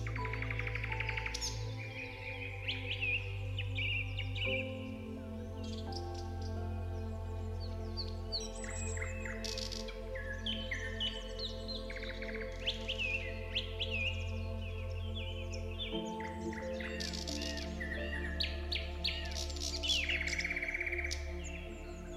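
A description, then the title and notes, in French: Frequent bright bird chirps and trills flutter over soft, steady background music with sustained low tones that shift chords every few seconds. Le CHANT DES OISEAUX et une MUSIQUE Douce. Chant mélodieux des oiseaux dans une ambiance naturelle de forêt. Avec une musique douce et relaxante en arrière-plan.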